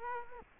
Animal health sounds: mosquito wingbeat signal from an infrared sensor; Culex quinquefasciatus

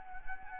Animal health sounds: mosquito wingbeat signal from an infrared sensor; Anopheles arabiensis

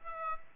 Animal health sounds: mosquito wingbeat signal from an infrared sensor; Aedes aegypti

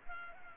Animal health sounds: mosquito wingbeat signal from an infrared sensor; Culex pipiens

